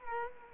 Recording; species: mosquito wingbeat signal from an infrared sensor; Culex quinquefasciatus